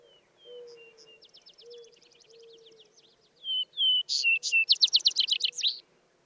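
Vesper Sparrow song: a faint rapid series of notes, then two clear slurred whistles followed by a loud, fast trill; soft low hooting notes sound in the background.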